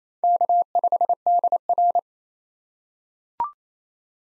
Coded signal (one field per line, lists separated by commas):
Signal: Morse code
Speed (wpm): 28 wpm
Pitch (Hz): 700 Hz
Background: none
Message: K5DR